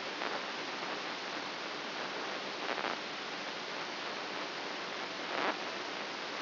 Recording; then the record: brain microelectrode recording played as sound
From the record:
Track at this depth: inside the subthalamic nucleus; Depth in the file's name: 4.24 mm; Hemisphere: right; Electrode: 2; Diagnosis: Parkinson's disease